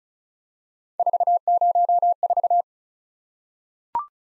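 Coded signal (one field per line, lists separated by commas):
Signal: Morse code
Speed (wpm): 36 wpm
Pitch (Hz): 700 Hz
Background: none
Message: 404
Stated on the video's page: Morse head-copy practice drill at 35 wpm of random three-character letter-number groups, each sent, spoken, then sent again.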